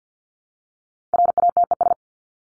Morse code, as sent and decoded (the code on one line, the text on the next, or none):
.-. .- - . ...
RATES